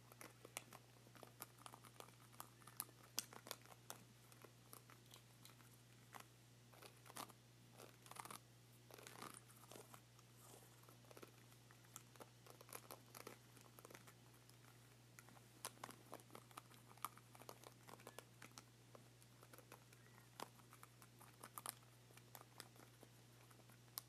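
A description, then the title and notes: Buttons on a remote are pressed in quick, irregular bursts of small plastic clicks throughout, over a steady low electrical hum. ASMR Buttons on a Remote.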